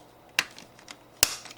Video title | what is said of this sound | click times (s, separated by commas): LEGO City 2025 Explorer Train 60470 Build Part 4 | like that, and it locks in place. | 1.2 s